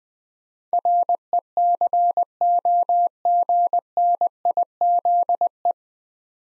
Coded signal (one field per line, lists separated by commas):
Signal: Morse code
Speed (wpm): 20 wpm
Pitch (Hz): 700 Hz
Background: none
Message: RECOGNIZE